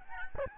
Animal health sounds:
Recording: mosquito wingbeat signal from an infrared sensor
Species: Aedes albopictus

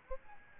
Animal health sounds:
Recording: mosquito wingbeat signal from an infrared sensor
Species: Aedes albopictus

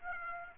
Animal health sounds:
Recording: mosquito wingbeat signal from an infrared sensor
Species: Aedes aegypti

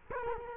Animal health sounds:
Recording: mosquito wingbeat signal from an infrared sensor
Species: Culex quinquefasciatus

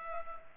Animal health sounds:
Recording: mosquito wingbeat signal from an infrared sensor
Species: Culex pipiens

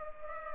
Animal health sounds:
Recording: mosquito wingbeat signal from an infrared sensor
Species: Culex pipiens

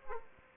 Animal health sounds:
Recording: mosquito wingbeat signal from an infrared sensor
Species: Aedes aegypti

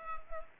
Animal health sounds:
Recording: mosquito wingbeat signal from an infrared sensor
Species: Culex pipiens

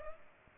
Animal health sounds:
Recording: mosquito wingbeat signal from an infrared sensor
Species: Aedes aegypti

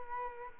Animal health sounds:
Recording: mosquito wingbeat signal from an infrared sensor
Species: Culex quinquefasciatus

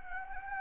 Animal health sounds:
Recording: mosquito wingbeat signal from an infrared sensor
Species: Anopheles gambiae

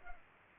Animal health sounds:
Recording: mosquito wingbeat signal from an infrared sensor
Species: Culex pipiens

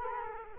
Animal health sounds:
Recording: mosquito wingbeat signal from an infrared sensor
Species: Culex quinquefasciatus

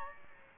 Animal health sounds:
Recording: mosquito wingbeat signal from an infrared sensor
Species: Aedes aegypti

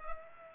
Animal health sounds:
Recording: mosquito wingbeat signal from an infrared sensor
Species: Culex pipiens

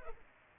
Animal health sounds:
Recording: mosquito wingbeat signal from an infrared sensor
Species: Culex pipiens

